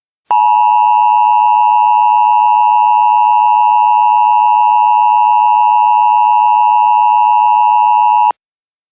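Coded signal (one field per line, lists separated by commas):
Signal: Emergency Alert System (SAME) tones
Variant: 853 and 960 Hz attention tone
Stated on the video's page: Mock EAS alert, not a real broadcast.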